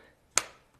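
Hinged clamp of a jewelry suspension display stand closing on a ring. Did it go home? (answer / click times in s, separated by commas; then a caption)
yes / 0.4 s. A ring is placed in the hinged holder of a suspension-style jewelry display stand, and the holder is pressed closed. A single sharp click sounds at 0.4 s as the clamp shuts and locks the ring in place. The ring is seated.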